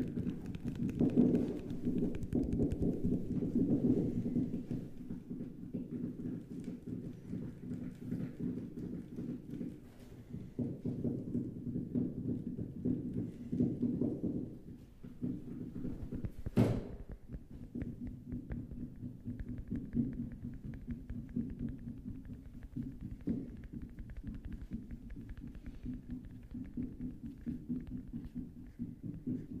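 Dense, rapid tapping runs through the whole stretch, a steady low clatter of quick overlapping knocks with no real pauses. The sound stays mostly dull and low, with a sharp bright click just past the midpoint and faint thin rustling higher up now and then.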